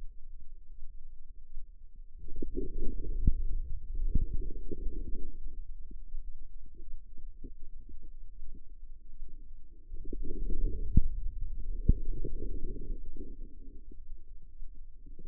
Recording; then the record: forearm muscle sounds (acoustic myography)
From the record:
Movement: inward rotation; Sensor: system 2, bracelet of six BSWA MPA416 microphones around the upper forearm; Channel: 6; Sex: female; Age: 25 years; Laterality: right